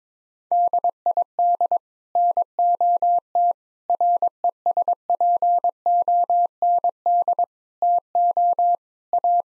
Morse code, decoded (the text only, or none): DID NOT RESPOND TO A